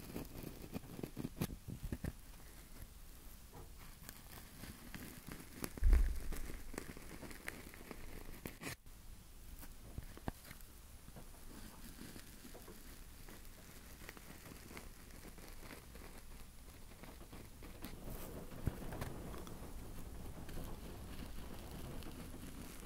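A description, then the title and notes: Tapping and scratching sounds: dense, irregular clicks and scrapes run throughout, with a crisp, crinkly texture. A sharp, heavy knock lands near six seconds, and another abrupt tap comes just before nine. The activity thickens again slightly toward the end. Tapping & Scratching.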